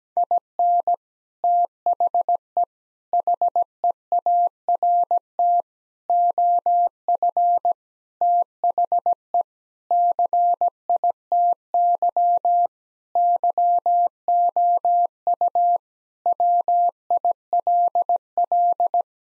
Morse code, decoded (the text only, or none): IN THE HEART OF THE CITY YOU WILL